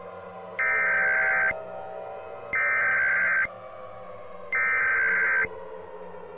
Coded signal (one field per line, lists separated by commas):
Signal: Emergency Alert System (SAME) tones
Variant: header bursts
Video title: Emergency Alert System in Brookhaven be like..